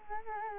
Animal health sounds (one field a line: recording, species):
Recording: mosquito wingbeat signal from an infrared sensor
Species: Culex quinquefasciatus